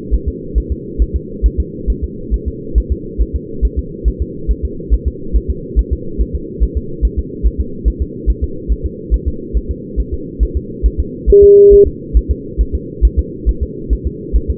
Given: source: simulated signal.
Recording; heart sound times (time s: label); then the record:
fetal heart sounds
0.14 s: S1
0.28 s: S2
0.58 s: S1
0.72 s: S2
1.02 s: S1
1.16 s: S2
1.46 s: S1
1.60 s: S2
1.90 s: S1
2.04 s: S2
2.34 s: S1
2.48 s: S2
2.78 s: S1
2.92 s: S2
3.22 s: S1
3.35 s: S2
3.65 s: S1
3.79 s: S2
4.08 s: S1
4.22 s: S2
4.51 s: S1
4.65 s: S2
4.94 s: S1
5.08 s: S2
5.36 s: S1
5.50 s: S2
5.79 s: S1
5.93 s: S2
6.21 s: S1
6.35 s: S2
6.63 s: S1
6.77 s: S2
7.05 s: S1
7.19 s: S2
7.47 s: S1
7.60 s: S2
7.88 s: S1
8.02 s: S2
8.30 s: S1
8.44 s: S2
8.72 s: S1
8.86 s: S2
9.14 s: S1
9.28 s: S2
9.57 s: S1
9.71 s: S2
10.00 s: S1
10.14 s: S2
10.43 s: S1
10.57 s: S2
10.86 s: S1
11.00 s: S2
11.30 s: S1
11.44 s: S2
11.73 s: S1
11.87 s: S2
12.17 s: S1
12.31 s: S2
12.61 s: S1
12.75 s: S2
13.05 s: S1
13.19 s: S2
13.49 s: S1
13.63 s: S2
13.93 s: S1
14.07 s: S2
14.36 s: S1
14.50 s: S2
From the record:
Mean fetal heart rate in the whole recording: 140 bpm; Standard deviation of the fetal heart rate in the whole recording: 2 bpm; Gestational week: 34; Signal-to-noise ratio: -4.3 dB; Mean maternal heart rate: 72 bpm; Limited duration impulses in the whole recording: present